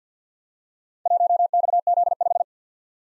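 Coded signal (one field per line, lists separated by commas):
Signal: Morse code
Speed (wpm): 49 wpm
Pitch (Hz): 700 Hz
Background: none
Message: 1XZ5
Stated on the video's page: Morse practice drill of random four-character letter-number groups at 50 wpm, each sent, then spoken, then sent again for head-copy.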